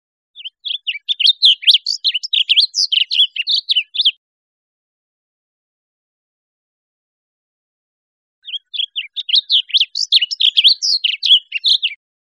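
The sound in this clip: Blue grosbeak song: two rich, rapid warbled phrases of about four seconds each, jumbled up-and-down notes, separated by a long silent gap.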